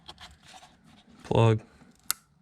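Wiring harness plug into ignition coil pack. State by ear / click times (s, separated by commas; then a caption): seated / 2.1 s. On a 2014 Ford F-150 3.5 EcoBoost being repaired for code P0303, the plastic wiring harness plug is pushed back onto the new ignition coil pack on cylinder 1. Someone talks briefly, then one sharp, loud click is heard at 2.1 s. The connector is confirmed seated.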